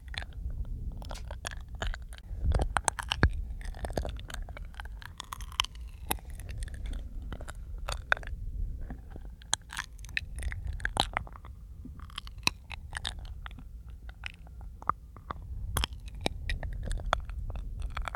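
Mouth sounds with breathing: dense, irregular sharp clicks and smacks throughout, over a low soft rumble of breaths that swells at times.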